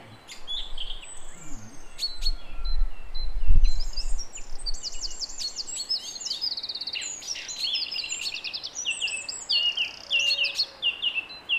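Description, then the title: Song thrush singing brisk phrases, several notes repeated a few times in a row, with a brief low thump. Recorded at 06h at Durenne. "Zanglijster 06h Durenne"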